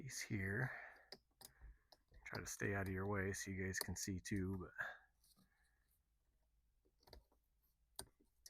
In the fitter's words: nice positive click there.